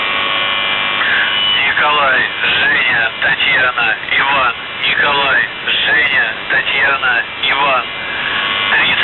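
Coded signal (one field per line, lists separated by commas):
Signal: numbers station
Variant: UVB-76 (The Buzzer)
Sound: a man's voice reading words over noisy shortwave radio, with a brief whistle tone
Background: radio static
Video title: The Buzzer/UVB-76(4625Khz) May 11th, 2023 Voice messages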